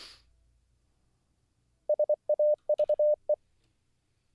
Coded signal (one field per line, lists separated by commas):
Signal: Morse code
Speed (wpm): 24 wpm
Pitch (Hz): 600 Hz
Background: none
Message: SAVE